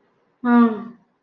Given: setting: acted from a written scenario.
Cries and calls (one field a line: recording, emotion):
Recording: vocal sound without words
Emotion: contempt